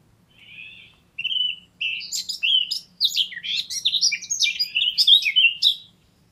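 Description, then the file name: Eurasian blackcap song: a soft quiet start, then a fast, rich warbling jumble of scratchy and whistled notes growing louder over several seconds. "Sylvia atricapilla"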